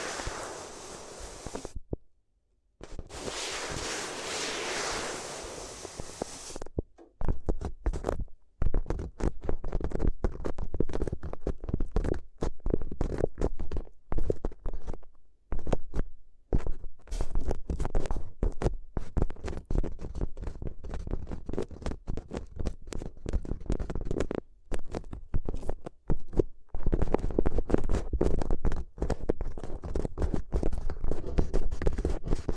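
Paper crinkles and rustles in dense, rapid crackling bursts, briefly broken by pauses, after a few seconds of softer, steadier rustling at the start.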